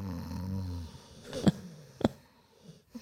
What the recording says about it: It's Morty snoring if you're just listening that's our mascot. That is our mascot. Snoring.